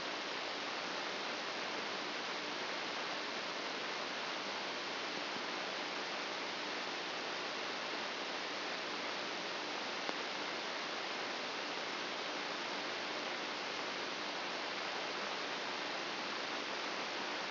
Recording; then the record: brain microelectrode recording played as sound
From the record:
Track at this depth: inside the subthalamic nucleus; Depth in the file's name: 2.036 mm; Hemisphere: left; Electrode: 2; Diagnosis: Parkinson's disease